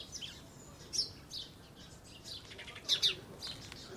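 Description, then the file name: House sparrow giving a few thin chirps amid a busy, noisy background, the calls soft and irregular. "Passer domesticus"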